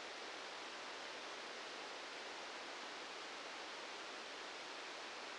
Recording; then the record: brain microelectrode recording played as sound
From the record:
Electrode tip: outside the subthalamic nucleus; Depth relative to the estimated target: -4 mm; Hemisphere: right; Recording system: NeuroSet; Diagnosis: Parkinson's disease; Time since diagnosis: 13 years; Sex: male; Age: 66 years